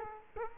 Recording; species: mosquito wingbeat signal from an infrared sensor; Culex quinquefasciatus